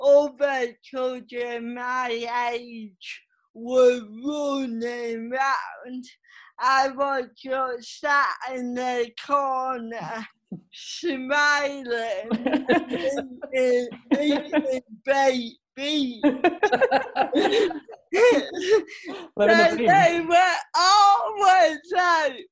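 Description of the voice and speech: Adult woman speaking with dysarthric speech due to cerebral palsy, diagnosed at age three. Speech is slow and strongly voiced, broken into short phrases by frequent pauses.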